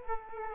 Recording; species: mosquito wingbeat signal from an infrared sensor; Culex quinquefasciatus